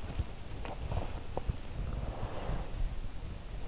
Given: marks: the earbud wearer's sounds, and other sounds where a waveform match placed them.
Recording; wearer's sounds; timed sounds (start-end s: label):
sounds in sleep by an in-ear microphone; body movement
0.11-3.02 s: body movement